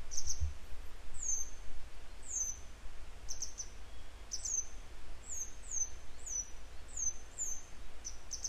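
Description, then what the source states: Grey wagtail giving sharp, high, thin calls, often doubled and slightly downslurred, repeated about once a second over a steady low rumble. A pair still searching for their young.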